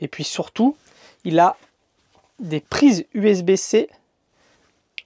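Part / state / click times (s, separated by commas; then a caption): USB-C cable plug into a USB-C wall charger port / seated / 5.0 s. A USB-C cable plug is pushed into the port of a small USB-C wall charger while someone talks. After a pause in the talk, the plug seats with a short, sharp click at 5.0 seconds. It clicks firmly into place yet still comes out easily without falling out on its own.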